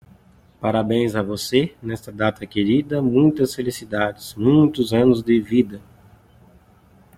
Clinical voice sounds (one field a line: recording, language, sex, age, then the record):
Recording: short text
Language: Brazilian Portuguese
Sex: male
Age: 30 to 39 years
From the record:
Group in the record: control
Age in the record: 39 years